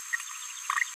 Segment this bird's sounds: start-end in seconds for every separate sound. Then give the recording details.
0.13-0.16. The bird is a female. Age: 21 days. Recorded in a nest box in Venezuela. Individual 17B73B2